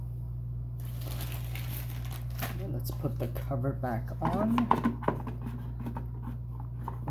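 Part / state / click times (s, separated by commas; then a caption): plastic cover on a filter media basket / seated / 6.9 s, 7.1 s. A plastic cover is put back onto the filter media basket of a Fluval 306 canister filter and pressed down, with someone talking and plastic handling rustling first. Sharp clicks at 6.9 s and 7.1 s mark the cover seating neatly into place.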